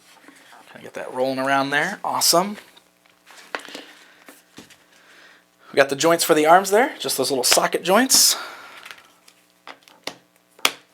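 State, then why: Seated. Someone talks while the plastic arms of a Masters of the Universe Classics Granamyr action figure are pushed into the small socket joints at the shoulders of its torso. Two sharp clicks ring out at about 10.1 s and 10.7 s as the arms seat firmly in place.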